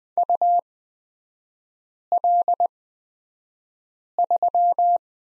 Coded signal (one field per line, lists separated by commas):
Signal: Morse code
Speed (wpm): 20 wpm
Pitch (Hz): 700 Hz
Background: none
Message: UL3